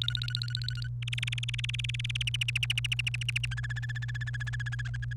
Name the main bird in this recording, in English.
Domestic Canary